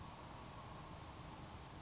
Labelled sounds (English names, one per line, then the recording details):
Grasshopper Sparrow
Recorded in Sonoma County, California